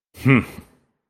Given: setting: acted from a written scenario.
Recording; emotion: vocal sound without words; contempt